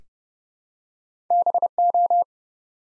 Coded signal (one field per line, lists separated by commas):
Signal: Morse code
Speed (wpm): 30 wpm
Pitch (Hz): 700 Hz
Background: none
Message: BO